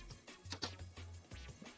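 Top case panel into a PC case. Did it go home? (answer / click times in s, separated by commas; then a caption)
no / none. A top piece of a PC case, a top case panel, is handled and fitted onto the case during a PC rebuild, with music playing in the background. Two short, sharp knocks stand out at about 0.5 and 0.6 seconds over the music. The panel has not seated or clicked into place yet.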